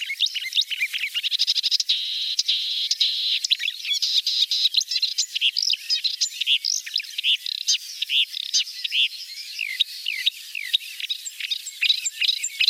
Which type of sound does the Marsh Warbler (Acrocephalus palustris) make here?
song